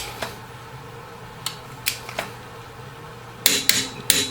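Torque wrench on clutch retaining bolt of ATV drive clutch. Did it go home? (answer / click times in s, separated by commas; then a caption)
yes / 3.5 s. A torque wrench tightens the clutch retaining bolt on the drive clutch of a Polaris Sportsman 800 ATV during a QSC clutch kit install, after a socket swap. Faint metallic ticks at about 1.5, 1.9 and 2.2 seconds give way to a loud, sharp click at 3.5 seconds as the wrench reaches its set torque, followed by two more sharp metallic clacks near 3.7 and 4.1 seconds.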